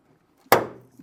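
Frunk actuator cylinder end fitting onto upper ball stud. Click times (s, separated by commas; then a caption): 0.5 s. On a Berlin-built Tesla Model Y, the end of a power frunk actuator cylinder is pushed onto its upper mounting ball stud under the frunk lid. A single loud, sharp slap at 0.5 s rings out briefly and fades. The slap confirms the strut end has snapped onto the ball stud and is seated.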